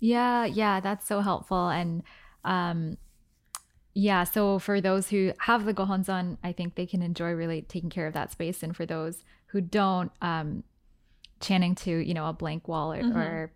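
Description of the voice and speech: A woman speaks fluently in a quiet room, her voice mid-pitched, clear and steady, with natural intonation and brief pauses at phrase ends and a few filler sounds. Typical conversational speech with no sign of a voice or speech disorder.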